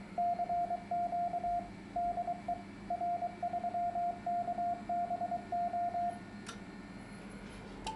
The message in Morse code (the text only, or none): CQ DE R3KBO